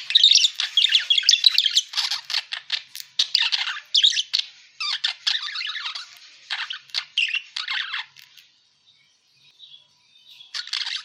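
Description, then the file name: Parakeet squawks in quick rasping bursts, tapering off into near silence before a final short burst at the end. Lure sound used for catching birds. "pancingan suara burung parkit"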